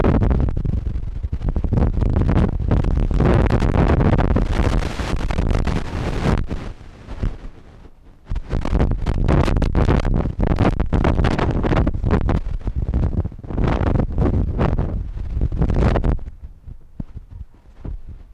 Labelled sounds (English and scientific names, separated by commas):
Arctic Fox (Vulpes lagopus)